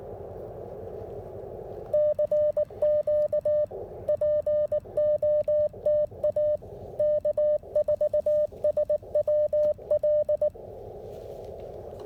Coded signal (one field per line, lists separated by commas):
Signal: Morse code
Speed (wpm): 18 wpm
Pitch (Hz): 600 Hz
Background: none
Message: CQ POTA K4SWL